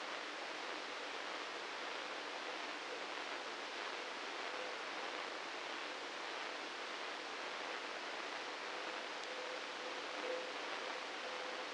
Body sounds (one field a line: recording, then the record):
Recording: brain microelectrode recording played as sound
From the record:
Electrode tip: inside the subthalamic nucleus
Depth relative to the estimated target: -2 mm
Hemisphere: right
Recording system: NeuroSet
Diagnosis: Parkinson's disease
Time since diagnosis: 9 years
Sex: male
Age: 61 years